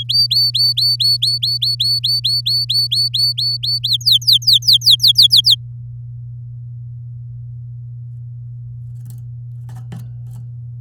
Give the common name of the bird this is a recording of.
Domestic Canary